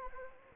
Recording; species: mosquito wingbeat signal from an infrared sensor; Anopheles arabiensis